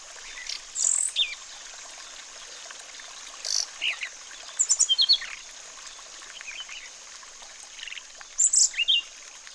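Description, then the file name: Sulingan bird calling in short, high, stuttering bursts of quickly repeated notes every few seconds, over a continuous hiss. With flowing water. "terapi air mengalir burung sulingan"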